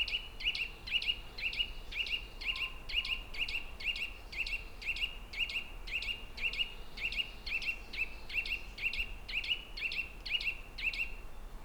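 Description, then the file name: Eurasian nuthatch uttering a long, rapid sequence of sharp whistled notes, mostly in pairs, about two each second, over constant faint hiss. "Sitta europaea"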